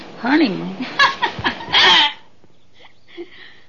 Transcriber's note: laughs